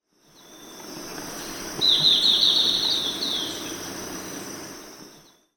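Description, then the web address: Golden-faced tyrannulet with a rapid, tumbling series of high chattering notes lasting about two seconds, over a steady high insect drone and background hiss. Recorded in Ecuador. "Natures Songs S America Birds of Ecuador Golden-faced Tyrannulet"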